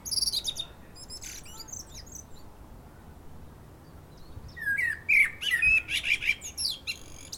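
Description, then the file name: Common blackbird: high scratchy twitters at the start, a quiet gap, then a loud phrase of fluted, slurred whistles ending in squeaky high notes. "Turdus merula"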